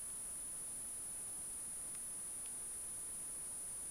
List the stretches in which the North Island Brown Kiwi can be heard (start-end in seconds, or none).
none